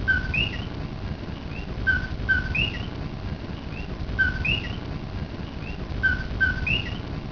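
Coqui frog calling its two-note co-qui, a short low note jumping to a higher one, repeated several times at uneven intervals over steady low background noise.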